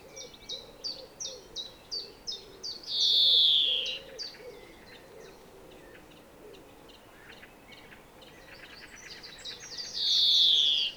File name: Chloris chloris